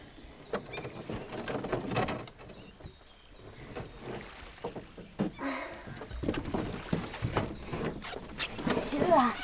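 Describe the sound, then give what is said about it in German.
A rowboat bumps and scrapes onto the shore of a small lake in the evening, with irregular hollow wooden knocks, grinding hull noise and light splashing of water, fairly loud throughout. “Das Boot muss ganz aufliegen.”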